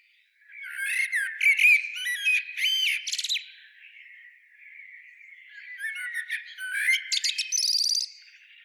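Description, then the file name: Eurasian blackbird making shrill, twittering call notes in an opening burst, quieter thin sounds through the middle, then another lively bout of squeaky chatter. "Turdus merula"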